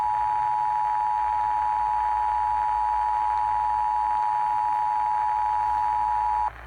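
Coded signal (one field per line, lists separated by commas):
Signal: Emergency Alert System (SAME) tones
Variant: 853 and 960 Hz attention tone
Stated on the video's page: Severe Thunderstorm Warning received on AM radio.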